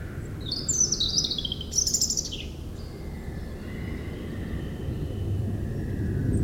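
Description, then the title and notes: European robin phrase of high descending trills early on, then a swelling low roar of aircraft noise builds to the end. Singing in the huge Meerdaalbos forest, Oud-Heverlee, Belgium, with planes taking off. "3051 Oud-Heverlee, Belgium - Meerdaalbos. Into the huge forest called Meerdaalbos, the European Robin singing, and planes takeoffs"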